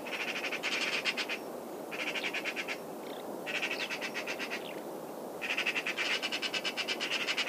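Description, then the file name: Eurasian magpie rattling repeatedly in four harsh, fast-pulsed chatter bursts, with steady faint hiss behind. "Pica pica"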